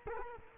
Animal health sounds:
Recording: mosquito wingbeat signal from an infrared sensor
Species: Culex quinquefasciatus

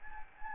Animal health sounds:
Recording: mosquito wingbeat signal from an infrared sensor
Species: Anopheles gambiae

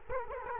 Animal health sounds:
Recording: mosquito wingbeat signal from an infrared sensor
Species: Culex quinquefasciatus

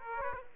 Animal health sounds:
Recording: mosquito wingbeat signal from an infrared sensor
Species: Aedes aegypti

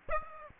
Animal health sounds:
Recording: mosquito wingbeat signal from an infrared sensor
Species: Aedes aegypti

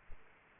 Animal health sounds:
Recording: mosquito wingbeat signal from an infrared sensor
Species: Aedes aegypti

